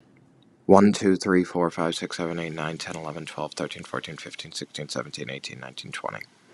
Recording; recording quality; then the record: counting at a fast pace; excellent, no background noise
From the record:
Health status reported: healthy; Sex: male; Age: 29 years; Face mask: not worn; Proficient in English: yes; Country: United States